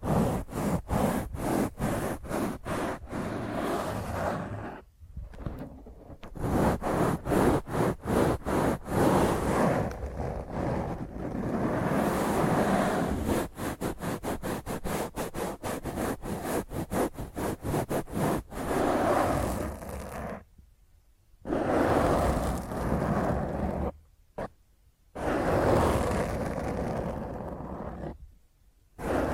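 Rough, intense scratching with hands and nails across a microphone, loud and gritty throughout. Bursts of rapid rasping strokes alternate with denser continuous scraping, broken by short silences near 5, 21, 24 and 28 seconds.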